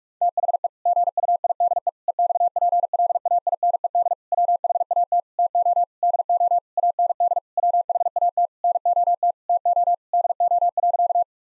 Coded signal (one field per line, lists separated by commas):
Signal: Morse code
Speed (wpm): 46 wpm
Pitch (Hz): 700 Hz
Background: none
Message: THE GUIDE EXPLAINED WHAT TO DO AND WHAT NOT TO DO.